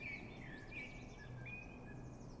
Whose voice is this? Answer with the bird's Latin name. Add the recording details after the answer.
Turdus merula. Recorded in Germany. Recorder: ecoPi